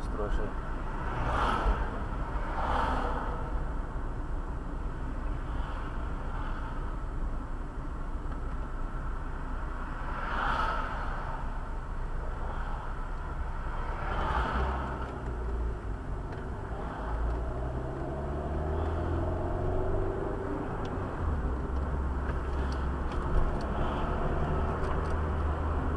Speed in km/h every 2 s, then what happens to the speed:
31, 30, 29, 28, 24, 18, 14, 17, 25, 37, 41, 42, 46.
0-7 steady at about 29. 7-11 brakes to 14. 13-23 speeds up to 46.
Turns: none.